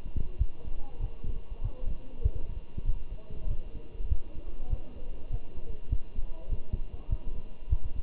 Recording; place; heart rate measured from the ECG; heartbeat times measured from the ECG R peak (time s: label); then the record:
heart sounds by stethoscope; between the tricuspid and mitral areas; 98 bpm
0.39 s: heartbeat
1.00 s: heartbeat
1.62 s: heartbeat
2.23 s: heartbeat
2.86 s: heartbeat
3.48 s: heartbeat
4.09 s: heartbeat
4.70 s: heartbeat
5.31 s: heartbeat
5.90 s: heartbeat
6.50 s: heartbeat
7.09 s: heartbeat
7.70 s: heartbeat
From the record:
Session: walking at 3.7 km/h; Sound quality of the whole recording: good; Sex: male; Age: 23 years